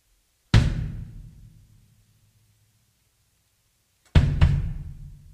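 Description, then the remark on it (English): A single sharp, booming hit swells into a long, smeared reverb tail that fades over about a second and a half. After silence, two quick hits follow, each drenched in heavy reverb. “Crazy reverb going.”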